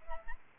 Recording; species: mosquito wingbeat signal from an infrared sensor; Aedes albopictus